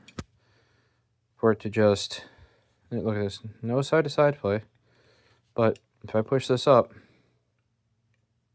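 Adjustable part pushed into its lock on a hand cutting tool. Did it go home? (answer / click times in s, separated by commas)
no / none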